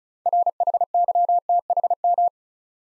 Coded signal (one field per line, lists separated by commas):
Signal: Morse code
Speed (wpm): 36 wpm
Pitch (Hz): 700 Hz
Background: none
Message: RHYTHM